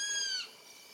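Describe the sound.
Striped owl giving one high whistled scream that drops slightly in pitch before ending abruptly.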